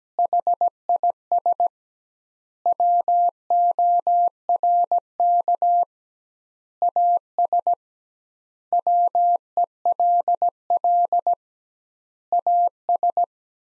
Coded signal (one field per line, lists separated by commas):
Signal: Morse code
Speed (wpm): 17 wpm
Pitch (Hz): 700 Hz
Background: none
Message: HIS WORK AS WELL AS